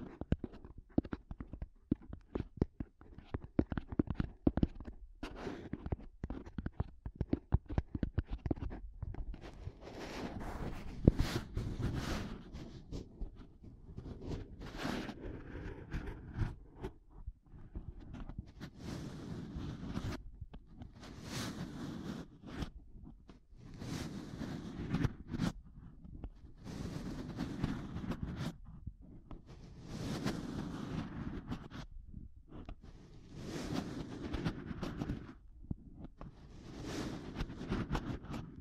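Intense mic tapping and scratching, with dense bursts of rough, scraping noise that swell and fade every few seconds. Quick taps and scratches stack into thick, rumbling clusters, bright at their peaks and low-heavy underneath, with brief quieter gaps between.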